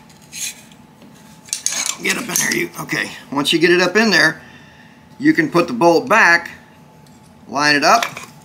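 Someone talks while handling an AR-10 bolt carrier group and charging handle, lining them up to go back into the rifle's upper receiver. Sharp metallic handling taps come near 1.5 to 1.9 seconds between stretches of speech. Nothing has seated or clicked into place yet.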